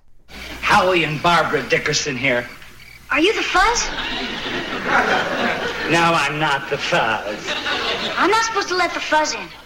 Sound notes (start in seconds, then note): 3.6 laughter; 7.6 laughter